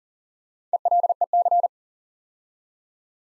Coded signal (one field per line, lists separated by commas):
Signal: Morse code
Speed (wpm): 42 wpm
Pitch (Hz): 700 Hz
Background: none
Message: ELEC